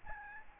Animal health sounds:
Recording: mosquito wingbeat signal from an infrared sensor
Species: Aedes albopictus

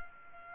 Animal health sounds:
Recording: mosquito wingbeat signal from an infrared sensor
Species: Culex pipiens

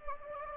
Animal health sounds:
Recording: mosquito wingbeat signal from an infrared sensor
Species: Anopheles gambiae

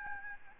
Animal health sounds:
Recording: mosquito wingbeat signal from an infrared sensor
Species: Aedes albopictus

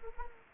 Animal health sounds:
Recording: mosquito wingbeat signal from an infrared sensor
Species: Anopheles gambiae

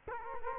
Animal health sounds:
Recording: mosquito wingbeat signal from an infrared sensor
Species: Culex quinquefasciatus

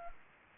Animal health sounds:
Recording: mosquito wingbeat signal from an infrared sensor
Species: Anopheles gambiae

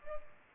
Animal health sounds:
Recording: mosquito wingbeat signal from an infrared sensor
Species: Culex pipiens

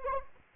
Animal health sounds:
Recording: mosquito wingbeat signal from an infrared sensor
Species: Anopheles arabiensis

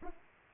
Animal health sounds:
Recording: mosquito wingbeat signal from an infrared sensor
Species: Aedes aegypti

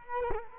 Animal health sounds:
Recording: mosquito wingbeat signal from an infrared sensor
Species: Culex quinquefasciatus

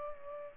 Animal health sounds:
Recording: mosquito wingbeat signal from an infrared sensor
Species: Culex pipiens

